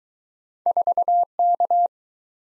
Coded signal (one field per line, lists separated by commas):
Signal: Morse code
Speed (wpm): 22 wpm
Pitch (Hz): 700 Hz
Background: none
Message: 4K